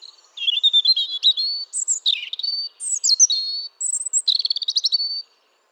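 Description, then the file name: European robin song, a long warbling stream of high thin whistles, scratchy twitters and fast trilled notes, shifting pitch from phrase to phrase with short pauses. "Erithacus rubecula"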